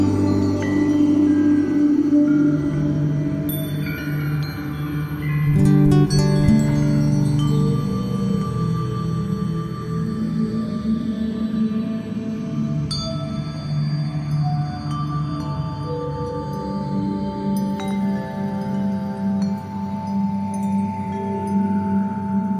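Sustained synthesized pads hum low and steady throughout, with soft tonal shifts and a brief thicker swell around five to six seconds. Bright, ringing bell-like chimes strike sparsely and fade slowly above. The whole piece stays dense and even in loudness.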